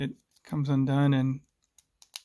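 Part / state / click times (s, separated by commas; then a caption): watch bracelet fold-over clasp closing onto its catch / seated / 2.2 s. Someone talks while the stainless steel oyster-style bracelet with glide lock on a Pepsi GMT watch is opened and its fold-over clasp is pressed closed onto its catch. After the talking, a few faint ticks lead to a sharp click at 2.2 s as the clasp snaps shut and seats.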